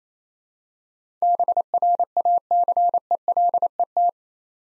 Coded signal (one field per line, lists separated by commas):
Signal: Morse code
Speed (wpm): 28 wpm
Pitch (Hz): 700 Hz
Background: none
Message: BRACELET